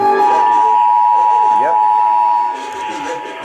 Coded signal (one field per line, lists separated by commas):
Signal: Emergency Alert System (SAME) tones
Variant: 853 and 960 Hz attention tone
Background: speech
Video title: Radio Explosions II: Pre-Christmas Blastoff! EAS Alerts from 12/21-22/22 (EAS 9392-9424)